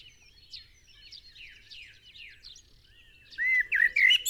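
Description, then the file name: Common blackbird loud, looping whistled notes burst in near the end after a stretch of faint, thin high chirps from other birds. "Turdus merula"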